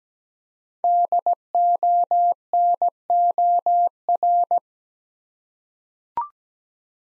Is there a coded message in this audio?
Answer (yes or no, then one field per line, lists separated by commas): yes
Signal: Morse code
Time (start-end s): 0.8-4.6 s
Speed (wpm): 17 wpm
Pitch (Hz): 700 Hz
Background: none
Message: DONOR